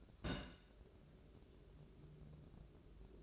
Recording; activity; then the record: daily activity, microphone in the room; place on stove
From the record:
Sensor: 2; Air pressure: 1008.0 hPa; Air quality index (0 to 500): 110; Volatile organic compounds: 1 ppm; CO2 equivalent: 820 ppm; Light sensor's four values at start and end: 6/15/6/6 and 6/15/6/6